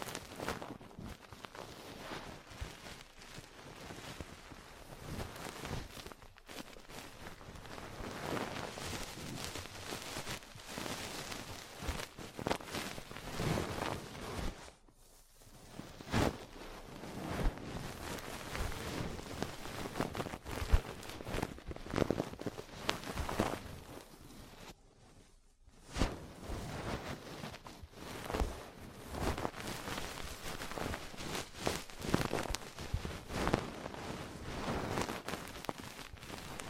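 Ear cleaning, massage, cupping and tapping sounds form a dense, crackly rustling with brief quiet breaks near 6, 15 and 25 seconds.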